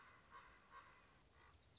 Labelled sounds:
Common Raven
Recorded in Sonoma County, California

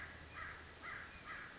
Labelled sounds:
American Crow
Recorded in Sonoma County, California

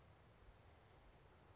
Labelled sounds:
California Towhee
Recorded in Sonoma County, California

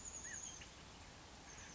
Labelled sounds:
Chestnut-backed Chickadee
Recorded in Sonoma County, California

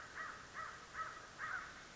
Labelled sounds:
American Crow
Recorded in Sonoma County, California

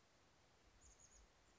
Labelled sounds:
Chestnut-backed Chickadee
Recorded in Sonoma County, California

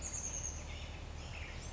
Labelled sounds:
Chestnut-backed Chickadee
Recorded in Sonoma County, California

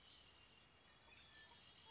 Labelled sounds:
Red-winged Blackbird
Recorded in Sonoma County, California

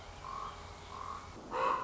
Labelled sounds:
Common Raven
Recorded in Sonoma County, California

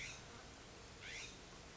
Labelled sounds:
California Scrub-Jay
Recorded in Sonoma County, California

